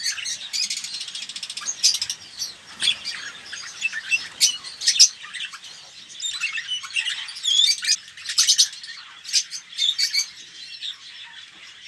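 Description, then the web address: Red-rumped parrot song: high chirps and twittered phrases in uneven bursts, with a few louder squeaky notes and brief gaps. "pevcii popugai. parrots psephotus-haematonotus"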